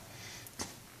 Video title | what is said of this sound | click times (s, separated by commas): TF Gravity Bin and Retainer Button Installation Instructions | Takes a little force. You can hear an audible snap. You can feel it snap into place. | 0.5 s